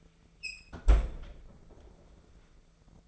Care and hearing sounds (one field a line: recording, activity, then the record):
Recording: daily activity, microphone in the room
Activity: close fridge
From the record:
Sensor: 5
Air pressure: 1014.9 hPa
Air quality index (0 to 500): 174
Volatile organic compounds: 6 ppm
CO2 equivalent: 1908 ppm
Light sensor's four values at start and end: 59/138/58/62 and 59/136/57/62